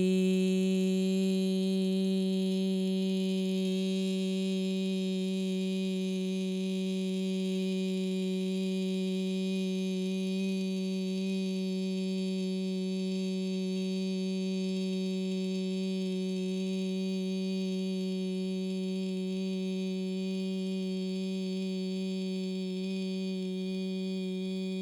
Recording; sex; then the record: sustained vowel /i/; female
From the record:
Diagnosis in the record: Parkinson's disease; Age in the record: 61 years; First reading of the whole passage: 53 s, 9.7 characters per second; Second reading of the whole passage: 51 s, 10.1 characters per second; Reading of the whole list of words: 49 s, 5.7 characters per second